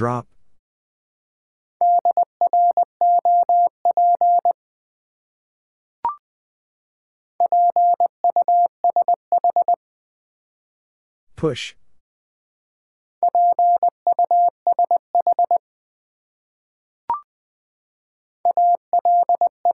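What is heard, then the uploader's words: A steady mid-pitched tone beeps out a word in Morse code, sending three bursts of short and long pulses at about 2, 7.5 and 13 seconds, with another starting near the end. Brief clicks separate the bursts, and a louder swooshing noise falls around 11 seconds. Four Letter Words - 20wpm. First, the word is sent in Morse code. Then it is spoken. Finally, it is sent again in More code.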